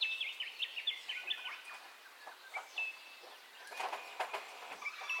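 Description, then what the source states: Birds in a dawn chorus: a fast, rattling series of high notes opening, followed by scattered whistles and sharp clicking chirps from several birds. Dawn ambience of bird calls, recorded in stereo.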